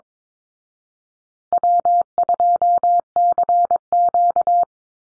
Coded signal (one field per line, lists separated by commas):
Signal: Morse code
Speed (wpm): 22 wpm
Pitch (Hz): 700 Hz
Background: none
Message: W2CQ